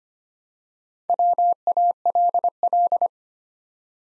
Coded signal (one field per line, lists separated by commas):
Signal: Morse code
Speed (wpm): 26 wpm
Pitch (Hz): 700 Hz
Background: none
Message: WALL